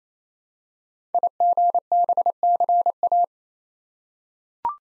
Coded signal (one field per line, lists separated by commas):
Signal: Morse code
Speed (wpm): 27 wpm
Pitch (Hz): 700 Hz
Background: none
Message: IGBCA